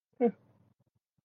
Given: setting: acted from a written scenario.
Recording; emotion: vocal sound without words; neutral